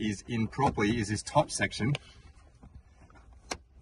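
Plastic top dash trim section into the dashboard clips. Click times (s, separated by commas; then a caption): 3.5 s. Someone talks for the first two seconds, then the plastic top dash trim section above the instrument cluster of a 2020–2024 Toyota Hilux is pressed down into its dashboard clips. A few faint knocks follow before a sharp click at 3.5 s, when the section seats home in its clips.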